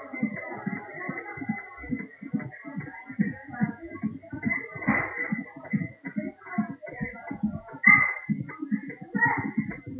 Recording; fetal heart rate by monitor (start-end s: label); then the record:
fetal heart sounds by stethoscope on the mother's abdomen
0.00-10.00 s: 142 bpm
From the record:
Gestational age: 32 weeks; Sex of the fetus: twin girls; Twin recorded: left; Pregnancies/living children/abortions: 1/0/0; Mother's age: 20 years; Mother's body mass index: 25.0